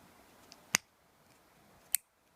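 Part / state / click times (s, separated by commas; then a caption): throttle controller wiring plug into accelerator pedal connector / seated / 0.8 s, 2.0 s. The plastic plug of a plug-in electric throttle controller is pushed firmly into the vehicle's accelerator-pedal connector until its clip latch locks. After a faint tick at 0.5 seconds, two sharp, loud clicks ring out at 0.8 and 2.0 seconds over a quiet background. The plug is fully seated and tight.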